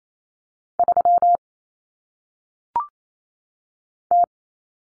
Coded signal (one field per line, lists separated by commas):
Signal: Morse code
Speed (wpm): 28 wpm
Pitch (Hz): 700 Hz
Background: none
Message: 3 T